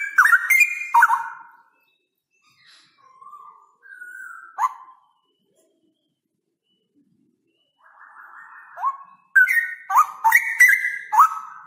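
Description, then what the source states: Straw-headed bulbul song: loud, rich bubbling whistled phrases in bursts at the start and end, separated by softer, quieter warbled notes. Male Cucak Rowo singing actively (gacor) in a loud voice with long rolling trills; the recording is meant as a tutor recording (masteran).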